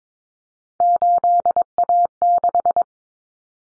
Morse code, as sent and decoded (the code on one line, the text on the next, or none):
---.. .- -....
8A6